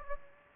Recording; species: mosquito wingbeat signal from an infrared sensor; Aedes aegypti